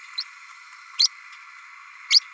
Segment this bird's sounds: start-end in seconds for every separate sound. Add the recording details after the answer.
0.17-0.23, 2.10-2.20. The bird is a female. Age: 29 days. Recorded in a nest box in Venezuela. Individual 17B32A7